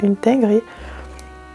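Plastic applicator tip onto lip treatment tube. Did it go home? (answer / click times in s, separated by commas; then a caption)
yes / 1.2 s. A plastic applicator tip is fitted by hand onto a lip treatment tube during unboxing. Someone talks briefly, then a short sharp click at 1.2 s marks the tip clipping into place on the tube.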